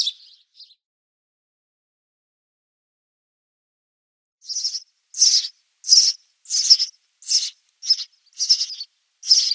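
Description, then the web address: House sparrow nestlings begging: after a couple of brief calls and a few seconds of silence, high raspy chirps repeat in a quick series. "Schulze Peter House Sparrow"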